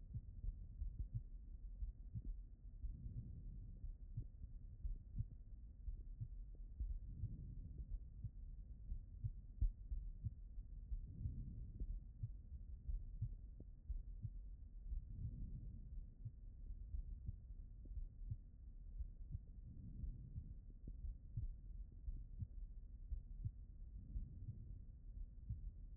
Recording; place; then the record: heart sounds by stethoscope; aortic valve (AV)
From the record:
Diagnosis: non-HFrEF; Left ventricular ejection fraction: 46%